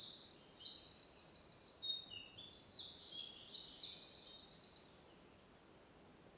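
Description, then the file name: Eurasian wren song, a high, rapid stream of trills and sharp notes for about five seconds, then a short pause and one brief high note, over background hiss. "Troglodytes troglodytes"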